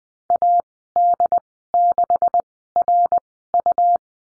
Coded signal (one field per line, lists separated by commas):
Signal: Morse code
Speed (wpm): 20 wpm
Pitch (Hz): 700 Hz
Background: none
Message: AD6RU